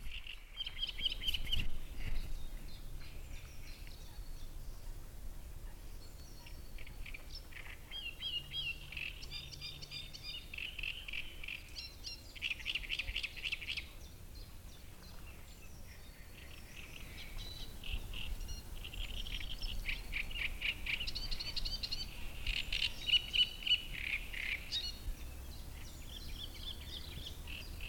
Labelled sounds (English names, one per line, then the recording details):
Great Reed Warbler
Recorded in the wild
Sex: male
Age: adult
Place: Müggelsee, Berlin, DE
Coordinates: 52.43, 13.64
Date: 1990-05-05
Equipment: Uher 4400 Report Monitor, Sennheiser ME 80, K 30 AV
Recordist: Fischer, Stefan
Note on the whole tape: Östlich des Bestandes 27: Gesang - gut